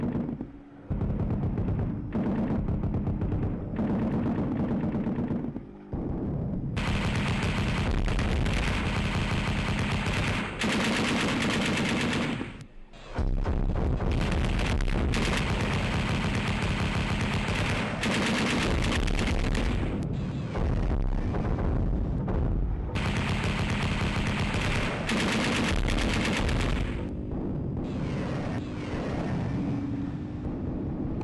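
Loud, dense gunfire rattles almost without pause over a heavy low rumble of bombs and explosions, harsh. Bursts swell into fuller, brighter barrages around 7 to 12 seconds, 13 to 20 seconds and 23 to 27 seconds, with brief dips near 6 and 12 seconds.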